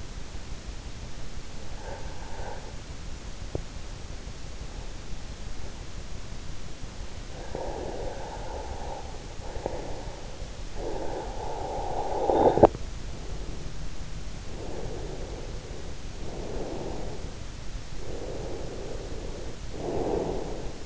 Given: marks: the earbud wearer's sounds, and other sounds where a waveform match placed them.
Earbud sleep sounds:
sounds in sleep by an in-ear microphone; breath, snoring breath
1.67-2.73 s: breath
7.42-10.38 s: breath
10.38-12.84 s: snoring breath
14.50-17.28 s: breath
18.03-20.85 s: snoring breath

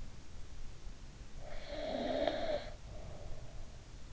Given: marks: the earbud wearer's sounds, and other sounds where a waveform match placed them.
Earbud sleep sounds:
sounds in sleep by an in-ear microphone; snoring breath
1.17-3.80 s: snoring breath

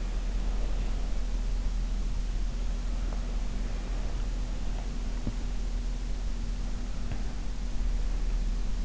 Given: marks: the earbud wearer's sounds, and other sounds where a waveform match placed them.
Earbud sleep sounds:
sounds in sleep by an in-ear microphone; breath
0.57-1.28 s: breath
3.03-3.21 s: breath
5.16-5.39 s: sound from someone else or the room
7.07-7.28 s: breath
8.04-8.20 s: breath

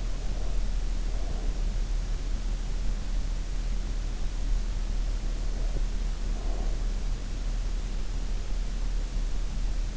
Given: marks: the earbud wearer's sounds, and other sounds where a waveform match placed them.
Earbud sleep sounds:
sounds in sleep by an in-ear microphone; breath
0.00-1.61 s: breath
5.15-6.85 s: breath

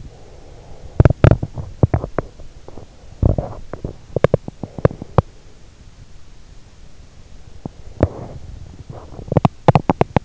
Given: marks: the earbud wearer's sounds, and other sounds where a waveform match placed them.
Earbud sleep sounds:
sounds in sleep by an in-ear microphone; breath, teeth grinding
0.00-0.91 s: breath
1.00-5.29 s: teeth grinding
7.57-9.53 s: teeth grinding
9.66-10.25 s: teeth grinding

